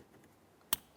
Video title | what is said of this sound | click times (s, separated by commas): How to Replace Combination Switch 2004-2006 Scion xB | Listen for a click, give it a tug. | 0.7 s